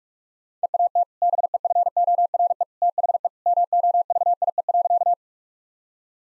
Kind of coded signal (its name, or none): Morse code